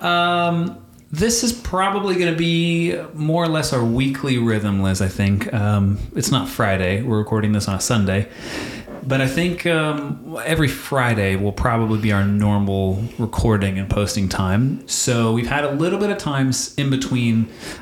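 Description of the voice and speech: A man speaks fluently at a relaxed pace with a few filled pauses; ordinary conversational speech.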